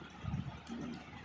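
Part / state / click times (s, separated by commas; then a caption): contact pin into 37-pin connector plug housing / seated / 0.7 s. A crimped contact pin, gripped with nose pliers, is pushed from the back into position A of a 37-pin multi-pin connector plug housing until its retaining lock catches. A sharp, brief click at 0.7 s marks the pin locking into place, and a second, softer transient follows at about 0.9 s over a low background rumble. The pin is seated and sits level in the housing.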